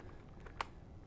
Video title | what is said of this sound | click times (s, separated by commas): Coaches Corner 12-02-2014 | and when placing the buckles you can if it snaps right in | 0.6 s